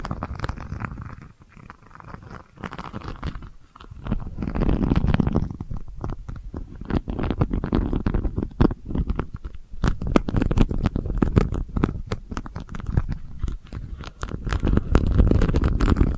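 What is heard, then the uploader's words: Delicate scratching runs through the whole clip as a dense stream of quick, crisp ticks and scrapes over a soft low rumble. The scratching thins out around the first and third seconds and after ten seconds, then swells again near five seconds and toward the end. ASMR Delicate Scratching for Sleep (No Talking).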